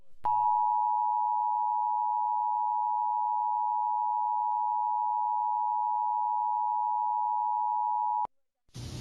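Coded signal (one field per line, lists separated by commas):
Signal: Emergency Alert System (SAME) tones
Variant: 853 and 960 Hz attention tone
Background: speech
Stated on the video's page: EAS alerts and tests spanning 2005 to 2025, including weekly and monthly tests, national EAS tests, and tornado and severe thunderstorm warnings and watches.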